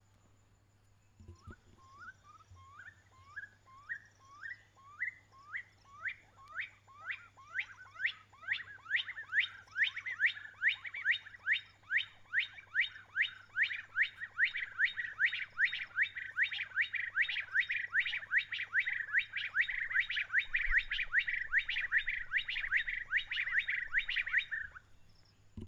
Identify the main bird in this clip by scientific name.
Ptilopachus petrosus